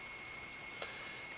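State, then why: Not seated. A mounting bolt is being pushed through the backplate of a Silverstone Tundra TD02/TD03 CPU cooler and turned toward its locking position. Over a steady hiss with a faint high tone, there is a brief soft handling rustle around 0.8 s. Nothing has seated or locked into place yet.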